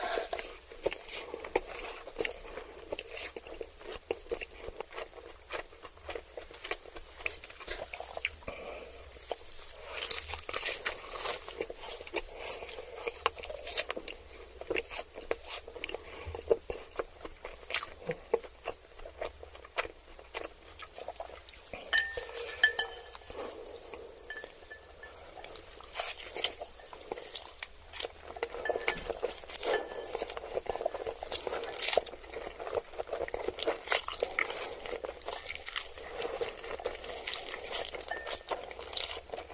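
Someone eating ramen noodles and chicken nuggets, with a steady run of small wet chewing and slurping clicks throughout. Light clinks of cutlery against dishes come and go, with busier bursts around 10, 22 and after 28 seconds.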